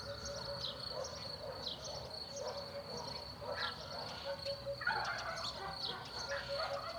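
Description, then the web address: Birds: morning bird chorus with scattered chirps and a louder burst of calls near the end, over a steady high insect-like drone. Morning chorus in a rural countryside zone; quad four-channel recording. "Sonniss com - GDC 2019-Game Audio Bundle Rural zone countryside bird morning chorus"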